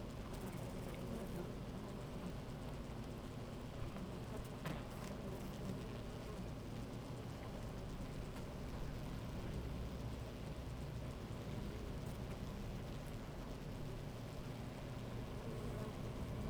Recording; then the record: honeybee colony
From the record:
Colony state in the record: active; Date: 28 July 2017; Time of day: 10:41